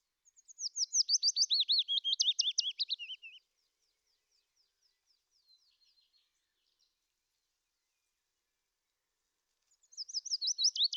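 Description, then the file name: Willow warbler singing a soft, liquid descending phrase of about three seconds, a faint quiet twitter following, then the next phrase starting near the end. "fitis"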